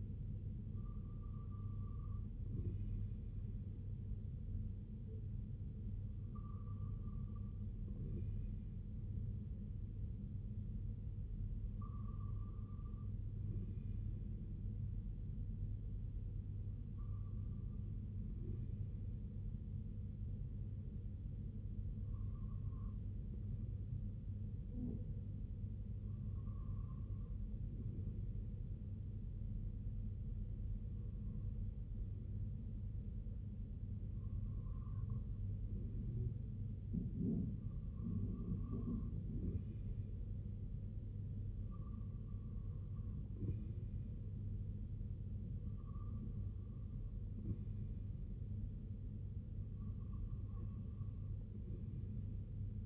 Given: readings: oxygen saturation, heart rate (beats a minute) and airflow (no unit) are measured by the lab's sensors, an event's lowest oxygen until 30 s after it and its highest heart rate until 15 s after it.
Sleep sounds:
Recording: breathing in sleep by a smartphone at the bedside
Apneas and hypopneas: 1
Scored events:
21.00-43.90 s: hypopnea (REM, oxygen 98% highest, then 95% lowest, heart rate 61 at the start, 71 highest)
From the record:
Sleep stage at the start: REM sleep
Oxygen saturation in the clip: 95 to 99%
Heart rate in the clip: 58 to 69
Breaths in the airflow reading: 12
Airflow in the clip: -5.3 to 3.1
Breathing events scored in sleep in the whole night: 258 in 7.4 hours asleep

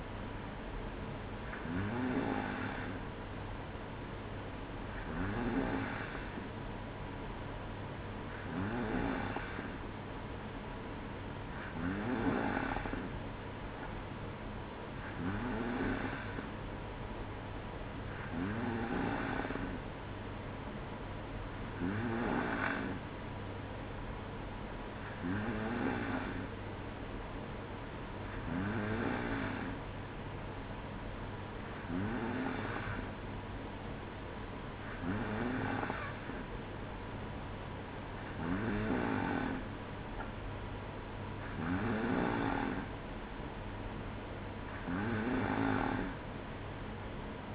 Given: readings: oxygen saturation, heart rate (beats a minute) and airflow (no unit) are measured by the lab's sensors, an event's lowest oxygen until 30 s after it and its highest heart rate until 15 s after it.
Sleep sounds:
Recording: breathing in sleep by a voice recorder at the bedside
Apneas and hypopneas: none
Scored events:
none scored
From the record:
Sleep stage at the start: N2 (light sleep)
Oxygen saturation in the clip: 93 to 94%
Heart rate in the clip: 58 to 61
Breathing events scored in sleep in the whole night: 305 in 9.6 hours asleep

